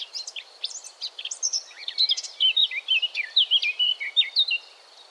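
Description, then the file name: Eurasian blackcap song: scratchy opening notes leading into a rapid, bright warble of rising and falling slurs repeated in quick succession. "Sylvia atricapilla"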